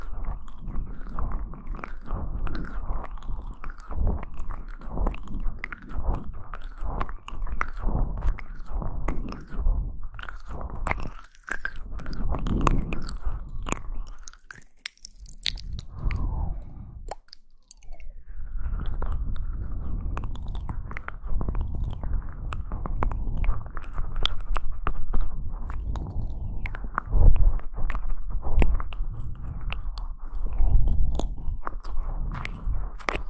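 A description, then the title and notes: Mouth sounds of wet chewing and biting, a dense run of soft clicks and crunchy smacks that mostly sit low and muffled. The chewing pauses briefly around the fifteen- and seventeen-second marks, then resumes steadily, with a few louder crunches near the end. Mouth Sounds.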